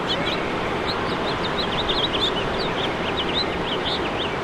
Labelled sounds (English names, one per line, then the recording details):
House Finch song
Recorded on Long Island, New York, on 21 March 2012
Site FL
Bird D